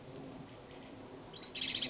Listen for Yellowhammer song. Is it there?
no